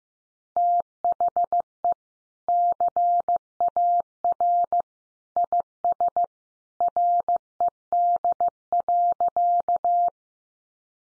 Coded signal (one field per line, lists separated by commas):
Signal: Morse code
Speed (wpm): 15 wpm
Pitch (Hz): 700 Hz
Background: none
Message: THE CAR IS RED.